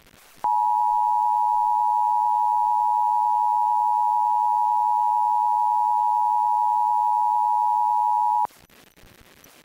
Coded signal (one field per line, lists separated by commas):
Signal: Emergency Alert System (SAME) tones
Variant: 853 and 960 Hz attention tone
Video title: Iowa Required Monthly Test (March 6, 2024)